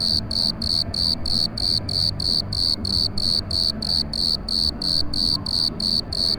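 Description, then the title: Grasshopper song: evenly paced high, scratchy chirps near three a second, continuous throughout, above faint low-pitched festival noise. Hidden, unseen, in a roadside gutter by a kerb in street-lamp shade, Aix-les-Bains, Savoie, France; took 10 minutes to locate amid reflections; festival music and crowd 500 m away; Zoom H4 on road. "Rue Jacques Cartier, Puer, Aix-les-Bains, Savoie, Auvergne-Rhône-Alpes, France métropolitaine, 73100, France - Criquet acousmatique"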